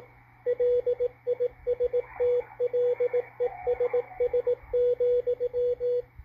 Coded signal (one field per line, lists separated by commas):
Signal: Morse code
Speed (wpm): 17 wpm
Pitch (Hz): 490 Hz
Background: radio noise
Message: LISTLESS,